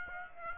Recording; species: mosquito wingbeat signal from an infrared sensor; Aedes aegypti